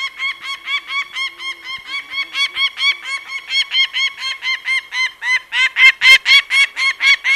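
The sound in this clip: Peregrine falcon uttering rapid grating kak notes in a series that becomes louder toward the end.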